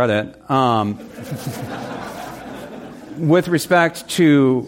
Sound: laughter

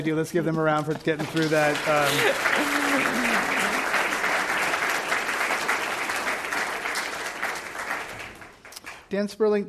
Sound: applause

